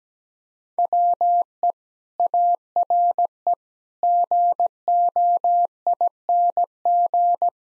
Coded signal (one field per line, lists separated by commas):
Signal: Morse code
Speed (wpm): 17 wpm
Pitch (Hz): 700 Hz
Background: none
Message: WE ARE GOING